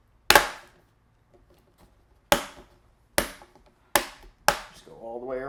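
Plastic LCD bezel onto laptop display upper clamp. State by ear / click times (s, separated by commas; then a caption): seated / 0.3 s, 2.3 s, 3.2 s, 4.0 s, 4.5 s. The plastic LCD bezel of a Dell Chromebook 3120 is pressed onto the display's upper clamp, re-engaging the plastic clips that hold the bezel down all the way around the edge. Five sharp snaps ring out at 0.3, 2.3, 3.2, 4.0 and 4.5 seconds as the clips seat, and someone talks near the end. The bezel clips are snapped home.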